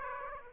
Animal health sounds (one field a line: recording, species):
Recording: mosquito wingbeat signal from an infrared sensor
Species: Aedes aegypti